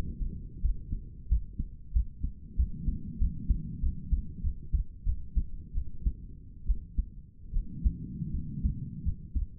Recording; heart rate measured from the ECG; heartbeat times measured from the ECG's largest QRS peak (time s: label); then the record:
heart sounds by stethoscope; 85 bpm
0.62 s: heartbeat
1.29 s: heartbeat
1.93 s: heartbeat
2.57 s: heartbeat
3.19 s: heartbeat
3.81 s: heartbeat
4.42 s: heartbeat
5.04 s: heartbeat
5.74 s: heartbeat
6.66 s: heartbeat
7.53 s: heartbeat
8.33 s: heartbeat
9.04 s: heartbeat
From the record:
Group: healthy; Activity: rest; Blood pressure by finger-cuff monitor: 88/58 mmHg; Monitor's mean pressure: 69 mmHg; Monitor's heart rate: 90 bpm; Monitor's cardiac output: 6.7 L/min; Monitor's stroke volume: 73 mL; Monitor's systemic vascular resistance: 710 dyn s/cm5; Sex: female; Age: 22 years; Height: 163 cm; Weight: 67.1 kg